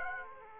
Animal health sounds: mosquito wingbeat signal from an infrared sensor; Aedes aegypti

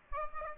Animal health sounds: mosquito wingbeat signal from an infrared sensor; Aedes aegypti

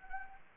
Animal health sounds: mosquito wingbeat signal from an infrared sensor; Anopheles arabiensis

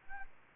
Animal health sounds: mosquito wingbeat signal from an infrared sensor; Anopheles arabiensis

